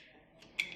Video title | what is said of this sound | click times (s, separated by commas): motel6 front lobby hotel key project install | And here's the one on the back. You'll hear a click. | 0.6 s